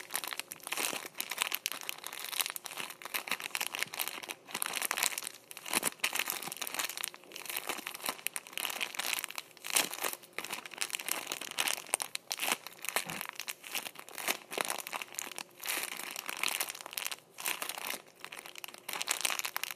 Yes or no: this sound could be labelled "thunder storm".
no